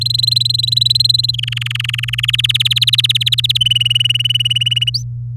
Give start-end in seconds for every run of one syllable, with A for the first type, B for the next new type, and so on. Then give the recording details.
0.01-1.31 A, 1.33-2.36 B, 2.38-3.58 C, 3.61-4.90 D, 4.94-5.03 E. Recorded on 9 May 2018 at 12:00. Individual llb16